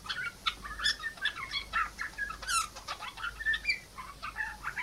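P. cineracea chatter: busy stream of short squeaks, chips and rasping notes, closely packed and overlapping without a pause.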